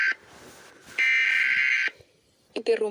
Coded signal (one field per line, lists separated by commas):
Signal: Emergency Alert System (SAME) tones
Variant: header bursts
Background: speech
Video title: America eas alarms